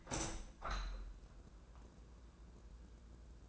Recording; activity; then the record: daily activity, microphone in the room; open window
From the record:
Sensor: 2